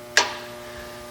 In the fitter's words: um this connects like this you just take it press you're going to hear click